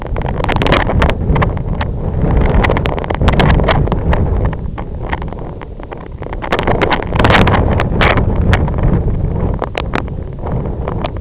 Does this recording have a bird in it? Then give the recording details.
no. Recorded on Arctic tundra, site IGLO-F, on 25 June 2018. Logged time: 14:00